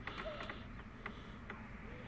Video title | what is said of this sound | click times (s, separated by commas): The review and installation of a Panlelo 7 Inch 2 Din Head Unit Android 5.1 GPS Car Stereo. | and should just snap in place | 0.1 s, 1.1 s